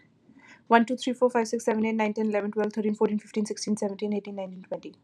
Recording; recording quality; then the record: counting at a fast pace; moderate, slight background noise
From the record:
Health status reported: exposed to COVID-19, no respiratory illness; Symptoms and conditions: none ticked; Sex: female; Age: 29 years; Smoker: not ticked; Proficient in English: yes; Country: United States